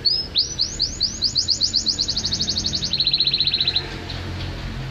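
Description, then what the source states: Canary song: a fast trill of repeated upslurred whistled notes, then a quicker, lower rolling trill for about a second before stopping. Champion competition bird that took first place at a contest level, described as a vigorous, continuous singer (gacor).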